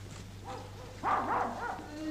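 Dogs bark and yelp in quick, wavering, high-pitched bursts that grow louder halfway through, over a steady low hum, in a scene of García Lorca's play The House of Bernarda Alba.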